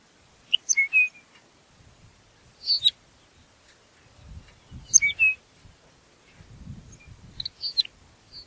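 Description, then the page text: Lapland longspur calls: four brief clusters of sharp, high ticking and whistled notes, over soft low rumbling. "Ryan P. O'Donnell - Лапландский подорожник (Calcarius lapponicus)"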